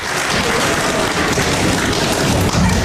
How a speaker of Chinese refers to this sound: 谢谢大家掌声啊！ 哎， 再来点呐喊声就更好了，真的。